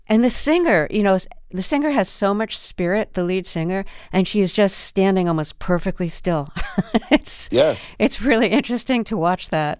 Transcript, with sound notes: And the singer, you know, the singer has so much spirit, the lead singer. And she's just standing almost perfectly still. (laughter) It's really interesting to watch that.